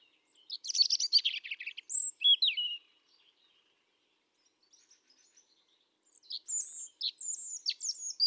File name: Erithacus rubecula 310717